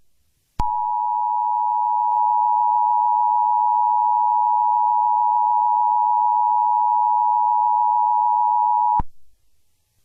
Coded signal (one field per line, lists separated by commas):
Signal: Emergency Alert System (SAME) tones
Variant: 853 and 960 Hz attention tone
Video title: EAS Scenario #11: Fireworks Disaster (July 4th Special)